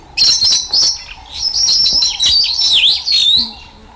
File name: meyers parrot